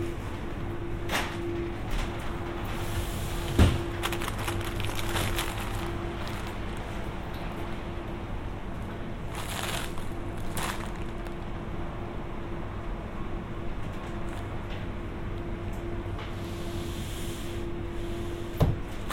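A grocery store with a steady hum underneath, including a constant low tone running from the start to about 16 seconds. Scattered short clatters and rustles come and go, with sharp knocks near 3.5 and 18.5 seconds and brighter whooshes around 9 to 10 seconds.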